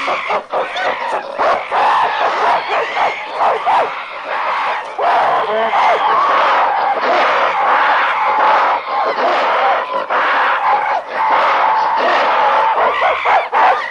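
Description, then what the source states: Apes screaming, a dense continuous chorus of harsh, overlapping shrieks and shrill wavering cries that rise and fall without pause throughout. Several apes, long angry screaming and growling.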